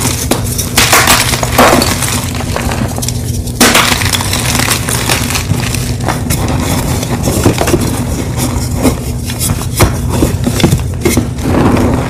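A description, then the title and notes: A mass of gym chalk is crushed and ground continuously, a dense, gritty crunching with no real pauses. Sharper crackling bursts stand out near the start, around three and a half seconds, and again toward the end, over a steady low hum. 100 Blocks Gym Chalk Mass Crush.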